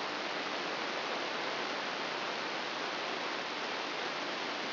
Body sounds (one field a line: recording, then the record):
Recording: brain microelectrode recording played as sound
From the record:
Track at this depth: outside the subthalamic nucleus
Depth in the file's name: 6.398 mm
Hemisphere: left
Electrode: 3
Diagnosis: Parkinson's disease